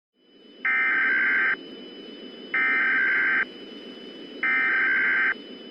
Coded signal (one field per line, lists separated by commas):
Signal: Emergency Alert System (SAME) tones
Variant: header bursts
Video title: EAS: The Parasite